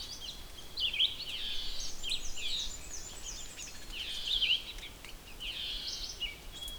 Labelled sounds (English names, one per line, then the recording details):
Red-eyed Vireo song
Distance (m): 15 m
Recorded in boreal forest in Alberta, Canada, on 6 June 2016 at 06:20
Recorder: SongMeter 3, array SBT-3-51
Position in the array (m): 59 m, 111 m